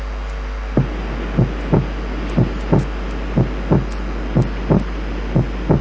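Low, regular lub-dub heart sounds at about 60 beats a minute. The second sound is slightly broad because its two components fall very close together, a narrow splitting of S2. A steady low hum sits underneath.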